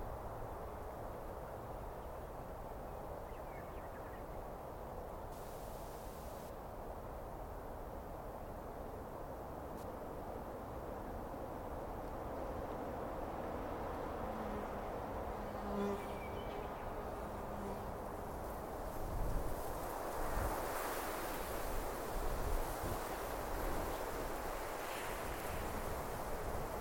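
Wind rushes through trees in a steady, dense wash of low noise across the whole stretch, growing louder and more gusty after about 19 seconds. A few faint, brief chirps surface near the middle, around 15 to 17 seconds, barely above the wind.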